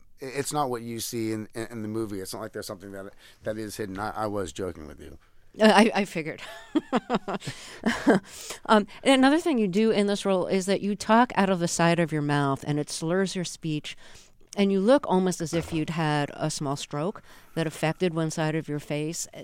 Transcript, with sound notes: it's not what you see in the movie. It's not like there's something that is hidden. I was joking with you.
I figured.
(LAUGHTER)
And another thing you do in this role is that you talk out of the side of your mouth, and it slurs your speech. And you look almost as if you'd had a small stroke that affected one side of your face.